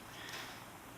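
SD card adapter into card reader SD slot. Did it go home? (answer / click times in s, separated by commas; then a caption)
no / none. A plastic SD card adapter is being pushed into the spring-loaded SD slot of a card reader, heard as a steady broadband hiss with a faint rise in handling noise around 0.3 s. The adapter has not seated or clicked in yet.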